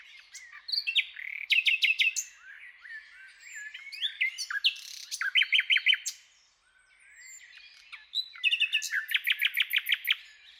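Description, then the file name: Common nightingale pouring out varied phrases: chattering notes, quick repeated trills, a short silence, then a loud sustained rapid rattle. "Luscinia megarhynchos"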